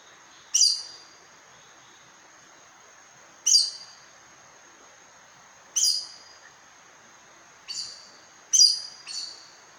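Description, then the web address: Aracari producing clear, piercing high squeaks, spaced two to three seconds apart, then a closer-set trio near the end. "sound Aracari. دانلود-صدای-پرنده-پرزبان"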